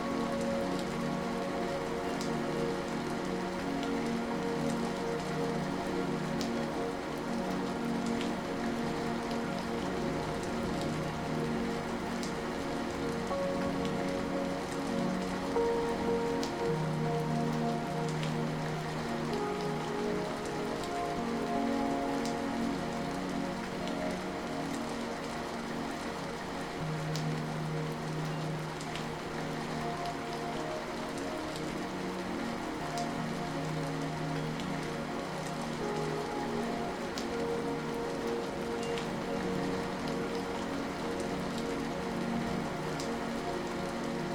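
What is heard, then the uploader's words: Gentle rain falls steadily throughout, a dense, even patter of drops with no pauses. Beneath it, soft sustained tones of calm music hold long low notes that shift slowly, with a brighter note rising around the middle. Loudness stays level from start to finish. Rain’s Dance With Zen Music & Nature Sounds. The rain falls in a gentle rhythm, each drop a melodic note in nature's nocturnal serenade.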